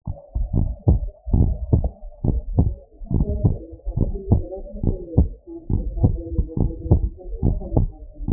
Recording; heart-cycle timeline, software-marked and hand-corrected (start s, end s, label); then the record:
heart sounds
0.00	0.02	S2
0.02	0.54	diastole
0.54	0.68	S1
0.68	0.88	systole
0.88	1.00	S2
1.00	1.38	diastole
1.38	1.54	S1
1.54	1.72	systole
1.72	1.84	S2
1.84	2.28	diastole
2.28	2.40	S1
2.40	2.56	systole
2.56	2.68	S2
2.68	3.14	diastole
3.14	3.26	S1
3.26	3.44	systole
3.44	3.56	S2
3.56	3.98	diastole
3.98	4.12	S1
4.12	4.30	systole
4.30	4.42	S2
4.42	4.84	diastole
4.84	4.96	S1
4.96	5.16	systole
5.16	5.28	S2
5.28	5.74	diastole
5.74	5.84	S1
5.84	6.00	systole
6.00	6.12	S2
6.12	6.58	diastole
6.58	6.70	S1
6.70	6.90	systole
6.90	7.02	S2
7.02	7.44	diastole
7.44	7.58	S1
7.58	7.76	systole
7.76	7.88	S2
7.88	8.30	diastole
8.30	8.33	S1
From the record:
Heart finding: normal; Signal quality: good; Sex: male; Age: 67 years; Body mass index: 22.3